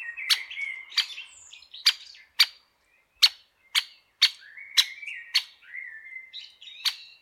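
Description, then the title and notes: Great spotted woodpecker calls: a series of abrupt, hard 'kik' notes, with other small birds' twittering and whistled phrases between them. "Great spotted woodpecker. Большой пёстрый дятел by deepsweet"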